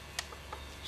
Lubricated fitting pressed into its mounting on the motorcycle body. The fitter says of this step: with the lubrication they just pop into place